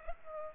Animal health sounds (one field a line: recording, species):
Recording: mosquito wingbeat signal from an infrared sensor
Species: Culex pipiens